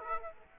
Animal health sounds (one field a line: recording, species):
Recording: mosquito wingbeat signal from an infrared sensor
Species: Aedes aegypti